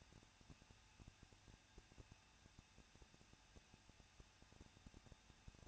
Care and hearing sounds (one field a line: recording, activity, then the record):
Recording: daily activity, microphone in the room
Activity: no activity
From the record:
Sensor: 2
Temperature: 21.0 degrees Celsius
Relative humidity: 37.3%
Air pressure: 1006.2 hPa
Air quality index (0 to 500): 221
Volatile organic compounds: 24 ppm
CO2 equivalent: 2802 ppm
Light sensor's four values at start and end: 2/3/2/2 and 2/3/2/2